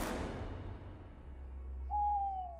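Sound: owl hooting at night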